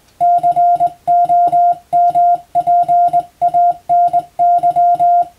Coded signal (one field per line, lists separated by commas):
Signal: Morse code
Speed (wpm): 21 wpm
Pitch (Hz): 700 Hz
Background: music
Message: COMPANY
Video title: 【Radio operator morse practice】This is a Morse code practice video. There is a morse exam in japan.